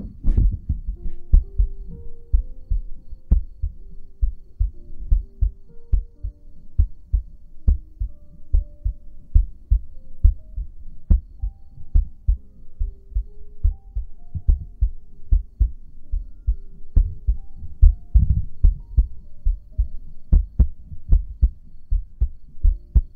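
Steady, deep heartbeat thumps of an adult woman at about 70 beats a minute, played close to the microphone, with soft sustained tones in the background.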